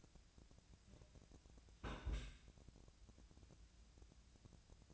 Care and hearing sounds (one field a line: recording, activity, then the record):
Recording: daily activity, microphone in the room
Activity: place on stove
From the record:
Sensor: 2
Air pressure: 1009.8 hPa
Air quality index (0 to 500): 181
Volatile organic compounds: 10 ppm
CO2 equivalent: 2258 ppm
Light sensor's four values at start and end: 32/79/34/38 and 32/79/34/38